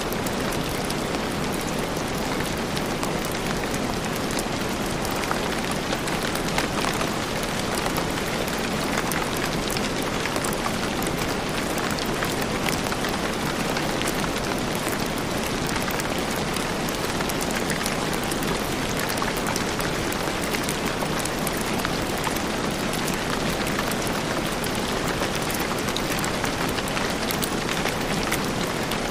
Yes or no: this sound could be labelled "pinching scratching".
no